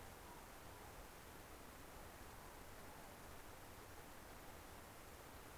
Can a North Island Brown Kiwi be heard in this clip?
no